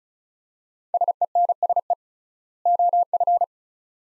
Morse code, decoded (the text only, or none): SENSE OF